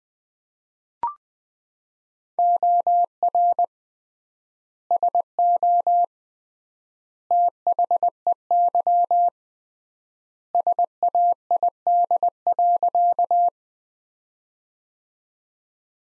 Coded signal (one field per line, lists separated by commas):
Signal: Morse code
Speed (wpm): 20 wpm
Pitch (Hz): 700 Hz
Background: none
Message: OR SO THEY SAID.